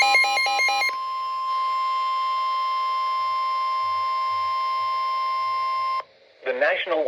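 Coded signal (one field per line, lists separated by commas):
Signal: Emergency Alert System (SAME) tones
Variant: 1050 Hz attention tone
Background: speech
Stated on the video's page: NOAA Weather Radio Severe Thunderstorm Warning alert for parts of southeastern Pennsylvania and central New Jersey.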